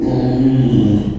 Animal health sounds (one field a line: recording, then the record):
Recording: squeal of a Yucatan mini pig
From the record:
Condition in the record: after surgery on the right vocal fold (resection and tissue-engineered implant)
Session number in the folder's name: 2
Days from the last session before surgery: 13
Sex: male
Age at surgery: 12 weeks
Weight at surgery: 13 kg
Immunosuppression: cyclosporine, prednisolone